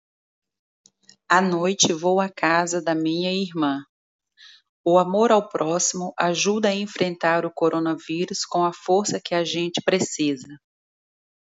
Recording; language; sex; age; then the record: spoken sentence; Brazilian Portuguese; female; 30 to 39 years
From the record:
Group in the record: control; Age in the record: 30 years